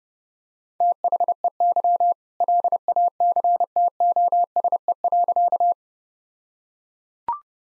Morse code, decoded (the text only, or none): THEY LACTOSE.